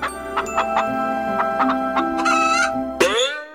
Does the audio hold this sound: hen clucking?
yes